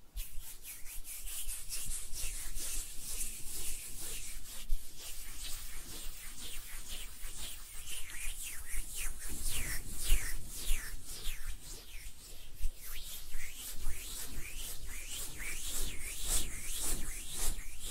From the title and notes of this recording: ASMR Relaxing Hand Sounds (No Talking).